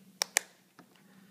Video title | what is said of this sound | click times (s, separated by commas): Mat Clip Fitting | so once you actually put it over the clip there you should hear a little click | 0.2 s, 0.4 s